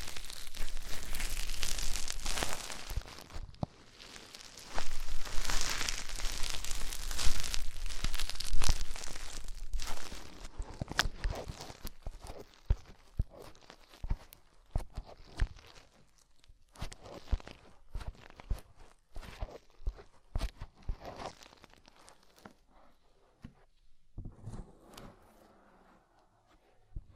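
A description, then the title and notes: Deep ear cleaning: dense, crackly scratching and rubbing fills the first ten seconds, with a brief lull near four seconds. After that the scraping thins into scattered sharp clicks and crinkles with silent gaps, ending in softer, muffled rustling. ASMR INTENSE Deep Ear Cleaning (No Talking).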